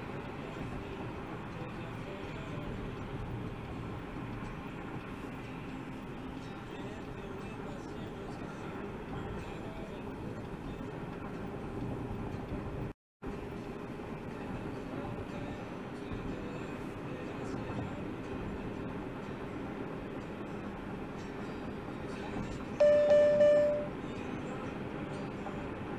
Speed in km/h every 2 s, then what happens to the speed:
71, 71, 71, 72, 74, 76, 79, 81, 84, 87, 90, 92, 92.
0-9 steady at about 71. 9-26 speeds up to 92.